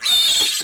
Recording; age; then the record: pig call; piglet (1 to 25 days)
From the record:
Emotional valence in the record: negative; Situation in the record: castration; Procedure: castration, shear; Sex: male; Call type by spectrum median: high-frequency call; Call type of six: high-frequency modulated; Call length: 0.63 s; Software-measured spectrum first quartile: 3513 Hz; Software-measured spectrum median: 4207 Hz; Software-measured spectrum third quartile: 6424 Hz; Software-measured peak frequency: 3621 Hz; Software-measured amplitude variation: 78 dB a second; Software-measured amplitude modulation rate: 24.5 a second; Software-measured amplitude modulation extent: 3.2 dB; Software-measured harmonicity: 5.8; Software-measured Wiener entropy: -2.61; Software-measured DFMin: 650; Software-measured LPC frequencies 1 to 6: 3611, 4331, 6442, 7311, 7879, 9961 Hz